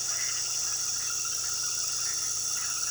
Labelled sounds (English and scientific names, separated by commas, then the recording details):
none
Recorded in pastures near Puerto Asís, Putumayo, Colombia, on 20 February 2024 at 22:30
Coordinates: 0.466, -76.323
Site G6384